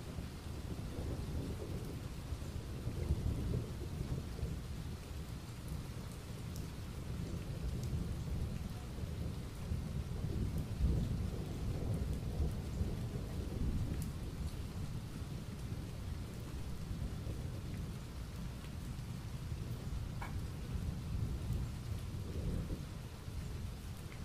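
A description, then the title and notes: Soft rainfall with thunder rolling off in the distance, a steady low rumble swelling and easing throughout, with faint brief chirps and drips above. Rain & Thunder. The sound of a soft rainfall with thunder rolling off in the distance. If you listen closely, you can even hear a few birds chirping in the rain.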